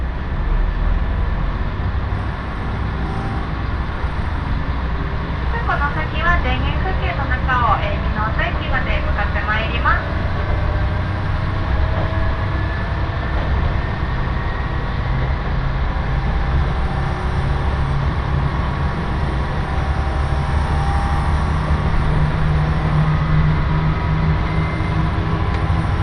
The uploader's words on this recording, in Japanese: 耳で楽しむ鉄道旅 長良川鉄道 ながら２号 美濃市→美濃太田。